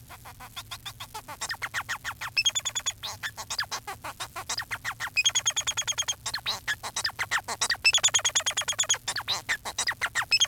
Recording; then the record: song of a male Bengalese finch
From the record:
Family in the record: son of father 4